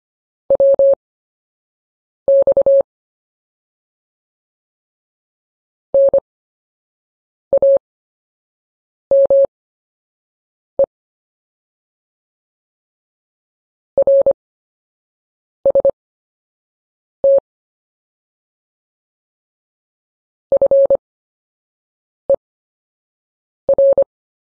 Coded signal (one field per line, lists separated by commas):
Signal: Morse code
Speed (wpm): 25 wpm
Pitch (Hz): 550 Hz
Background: none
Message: WX NAME RST FER